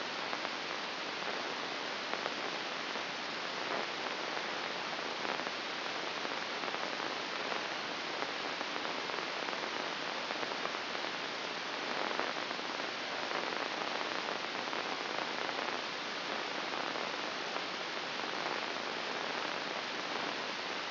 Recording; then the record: brain microelectrode recording played as sound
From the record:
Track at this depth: inside the subthalamic nucleus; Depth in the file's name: 1.154 mm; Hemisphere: right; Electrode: 2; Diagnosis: Parkinson's disease